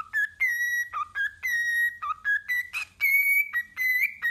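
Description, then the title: Cockatiel whistled song, a run of clear notes near one pitch with small rises and drops, some held long, others short, with rich overtones. Several cockatiels singing and whistling. "Calopsitas Cantando Assobio"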